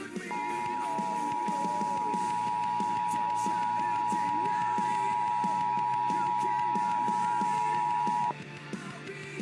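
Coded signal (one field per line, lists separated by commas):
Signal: Emergency Alert System (SAME) tones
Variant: 853 and 960 Hz attention tone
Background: music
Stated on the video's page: Fictional mock EAS alert with background music.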